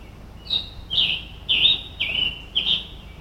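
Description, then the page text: Scarlet tanager song: a run of five hoarse, burry phrases about half a second apart. Recorded in Maryland. "Maryland Biodiversity. Scarlet Tanager ( Piranga olivacea )"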